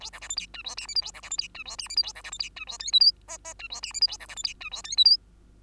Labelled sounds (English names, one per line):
Bengalese Finch song